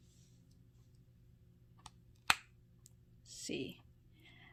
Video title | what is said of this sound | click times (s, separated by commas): UPDATE: HOW TO REMOVE and ATTACH BRUSH HEADS ON CONAIR TRUE GLOW FACIAL BRUSH | then you will heard the snap so | 2.3 s